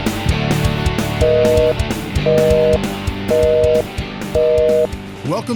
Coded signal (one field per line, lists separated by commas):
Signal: telephone call progress tone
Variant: North America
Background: speech, music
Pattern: busy tone